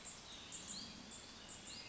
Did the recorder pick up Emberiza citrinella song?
no